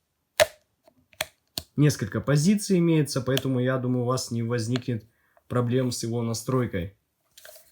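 The steel headband slider of BLON B50 over-ear headphones (431 g) is slid through its positions in the earcup yoke, clicking sharply into each detent at 0.4, 1.1, 1.2 and 1.6 seconds. Someone then talks, and a faint click follows near the end. The slider seats in each detent position.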